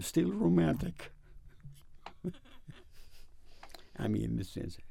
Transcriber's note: they laugh